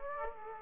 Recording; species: mosquito wingbeat signal from an infrared sensor; Aedes aegypti